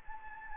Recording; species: mosquito wingbeat signal from an infrared sensor; Anopheles gambiae